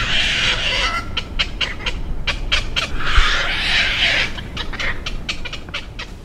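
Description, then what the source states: Night heron calls: a noisy chorus of harsh, raspy squawks and rapid clicking bursts, overlapping from several birds, over steady low rumbling background noise. Several birds calling late at night from park trees near a city waterfront in Baltimore; a neighbor likens the noise to monkeys, a jungle in the middle of the night.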